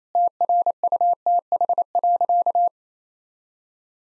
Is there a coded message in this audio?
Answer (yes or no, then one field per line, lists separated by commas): yes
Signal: Morse code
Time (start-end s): 0.1-2.7 s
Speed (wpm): 28 wpm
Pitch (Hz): 700 Hz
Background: none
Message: TRUTH.